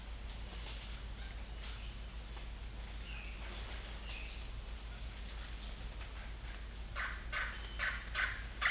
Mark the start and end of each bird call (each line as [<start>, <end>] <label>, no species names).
[6.92, 8.70] bird call